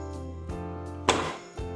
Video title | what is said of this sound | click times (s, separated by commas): Electrolux E5KM1-6GBP Mutfak Şefi Aldım! - Unboxing & Detaylı İnceleme 🥧 | klik sesi geldiğinde cihaz tamamen kitlenmiş oluyor. | 1.1 s